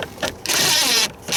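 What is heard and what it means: A car battery sitting in its trunk tray under the hold-down on a Corvette is being snugged down with an impact, not fully tightened, and the battery is moved to show it still shifts in the tray. Short sharp knocks at about 0.0, 0.3 and 0.5 s lead into a loud, steady broadband rush from about 0.5 to 1.1 s, followed by another rising burst near the end. The hold-down is still loose and the battery still moves; nothing has clicked yet.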